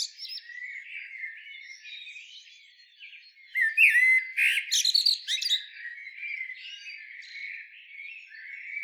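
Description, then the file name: Common blackbird, soft warbling that swells into a loud burst of fluty and squeaky notes midway, then fades to quieter warbles. "Turdus merula"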